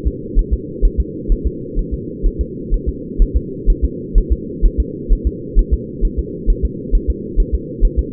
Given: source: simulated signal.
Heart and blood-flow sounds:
fetal heart sounds
0.07 s: S2
0.39 s: S1
0.53 s: S2
0.85 s: S1
1.00 s: S2
1.32 s: S1
1.47 s: S2
1.79 s: S1
1.94 s: S2
2.26 s: S1
2.41 s: S2
2.74 s: S1
2.89 s: S2
3.22 s: S1
3.36 s: S2
3.70 s: S1
3.85 s: S2
4.18 s: S1
4.33 s: S2
4.66 s: S1
4.80 s: S2
5.12 s: S1
5.27 s: S2
5.59 s: S1
5.73 s: S2
6.05 s: S1
6.19 s: S2
6.50 s: S1
6.65 s: S2
6.95 s: S1
7.10 s: S2
7.40 s: S1
7.55 s: S2
7.85 s: S1
7.99 s: S2
From the record:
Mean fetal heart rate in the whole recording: 130 bpm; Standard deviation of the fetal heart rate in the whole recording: 2 bpm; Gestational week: 38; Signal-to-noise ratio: -4.1 dB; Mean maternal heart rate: no maternal heart sound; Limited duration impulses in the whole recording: absent

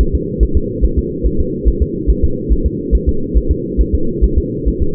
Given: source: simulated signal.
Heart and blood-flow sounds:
fetal heart sounds
0.01 s: S1
0.15 s: S2
0.43 s: S1
0.57 s: S2
0.85 s: S1
0.99 s: S2
1.27 s: S1
1.40 s: S2
1.68 s: S1
1.82 s: S2
2.10 s: S1
2.24 s: S2
2.52 s: S1
2.66 s: S2
2.95 s: S1
3.09 s: S2
3.37 s: S1
3.51 s: S2
3.81 s: S1
3.95 s: S2
4.24 s: S1
4.38 s: S2
4.68 s: S1
4.82 s: S2
From the record:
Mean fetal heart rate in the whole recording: 140 bpm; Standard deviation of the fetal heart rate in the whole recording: 2 bpm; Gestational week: 34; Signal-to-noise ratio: -8.1 dB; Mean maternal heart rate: 72 bpm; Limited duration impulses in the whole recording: present

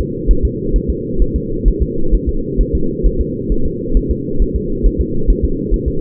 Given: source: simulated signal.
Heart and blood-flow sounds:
fetal heart sounds
0.01 s: S2
0.31 s: S1
0.45 s: S2
0.76 s: S1
0.90 s: S2
1.22 s: S1
1.36 s: S2
1.68 s: S1
1.82 s: S2
2.15 s: S1
2.29 s: S2
2.61 s: S1
2.75 s: S2
3.06 s: S1
3.21 s: S2
3.52 s: S1
3.66 s: S2
3.97 s: S1
4.11 s: S2
4.42 s: S1
4.56 s: S2
4.86 s: S1
5.01 s: S2
5.30 s: S1
5.45 s: S2
5.74 s: S1
5.88 s: S2
From the record:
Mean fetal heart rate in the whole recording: 135 bpm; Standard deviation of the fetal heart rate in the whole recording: 3 bpm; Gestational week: 36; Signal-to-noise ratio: -8.1 dB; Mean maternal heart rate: 72 bpm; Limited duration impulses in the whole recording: present

